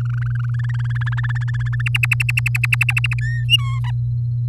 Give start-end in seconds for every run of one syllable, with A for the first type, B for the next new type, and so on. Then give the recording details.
0.00-0.56 A, 0.59-1.82 B, 1.86-3.14 C, 3.21-3.44 D, 3.48-3.79 E, 3.84-3.91 F. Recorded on 6 May 2018 at 05:44. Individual llb16